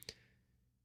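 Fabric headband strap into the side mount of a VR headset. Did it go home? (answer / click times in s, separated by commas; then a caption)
yes / 0.0 s, 0.1 s. A fabric headband strap is fitted into the side strap mount of an Apple Vision Pro headset by pulling down its pull tab so the strap end keys into the mount. Two short, sharp clicks sound at 0.0 and 0.1 s, the second louder, followed by a faint low hum. The strap is seated and locks firmly in place.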